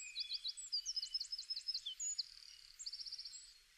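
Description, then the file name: Eurasian wren giving faint, very high rapid notes and trills, some repeated in quick bursts, over light background noise. "Troglodytes troglodytes"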